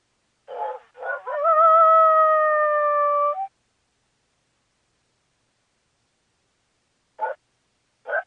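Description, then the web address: Coyote barks and howl: rough barks lead into a steady howl of about two seconds, then silence, then two more brief barks. Call linked to mating. "Coyote Coyote. Mate"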